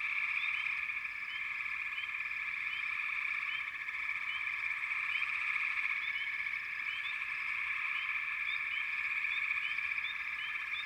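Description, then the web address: Frogs chorusing, a dense ringing trill that never pauses, plus repeated short rising chirps at irregular intervals. Chorus of many frogs. "Dan Gibson Echoes of Nature. American Wilds. Frog Chorus"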